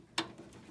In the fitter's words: and you just want to click it in where it says sata2 click in please thank you